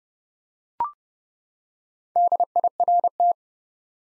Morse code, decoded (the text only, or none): DIRT